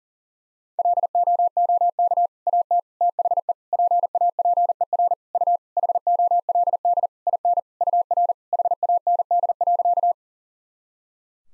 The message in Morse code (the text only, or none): LOOK AT THE PAPER U HOLD IN UR HAND.